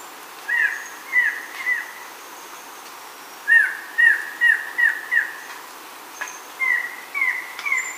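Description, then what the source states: Uniform antshrike song, three brief series of nasal, downward-slurred notes, each series of three to five notes, with faint high bird notes in the background. Recorded in Ecuador.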